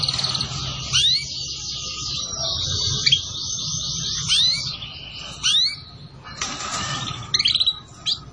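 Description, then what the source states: Canary song of long rolling trills interrupted by crisp upward-sweeping whistles, ending in short stuttering bursts. Recording used as a bird lure.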